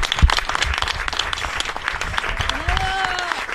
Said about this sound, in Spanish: Aplausos, a ver, che.